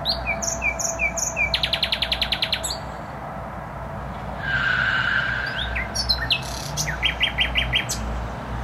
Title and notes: Bródno-Podgrodzie, Warszawa, Polska - Trasa Toruńska Nightingale. Recording nightingale singing in bushes close to noisy motorway